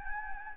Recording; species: mosquito wingbeat signal from an infrared sensor; Anopheles gambiae